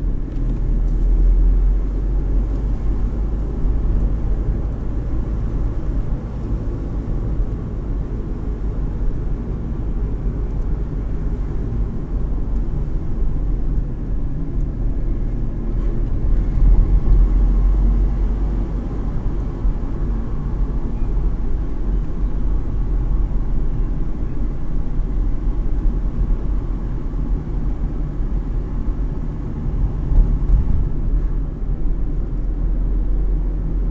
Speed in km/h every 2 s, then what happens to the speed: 37, 41, 42, 40, 39, 36, 28, 30, 37, 36, 33, 31, 32, 31, 30, 32, 33.
0-7 steady at about 40. 7-12 slows to 28. 12-16 speeds up to 37. 16-27 slows to 30. 27-34 steady at about 32.